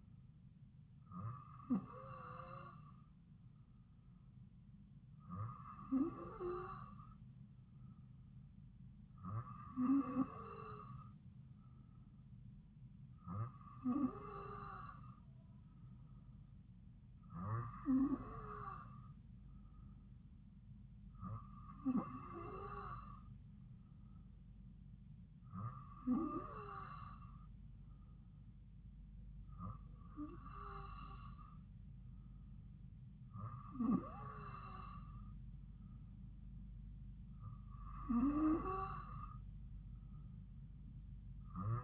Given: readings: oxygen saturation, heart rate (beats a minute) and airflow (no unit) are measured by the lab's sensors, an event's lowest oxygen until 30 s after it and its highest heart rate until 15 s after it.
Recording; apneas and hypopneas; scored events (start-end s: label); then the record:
breathing in sleep by a smartphone at the bedside; none
none scored
From the record:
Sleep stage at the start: N2 (light sleep); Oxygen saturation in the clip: 94%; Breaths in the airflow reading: 10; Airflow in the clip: -2.5 to 2.0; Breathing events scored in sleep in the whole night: 270 in 6.1 hours asleep